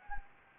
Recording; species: mosquito wingbeat signal from an infrared sensor; Anopheles gambiae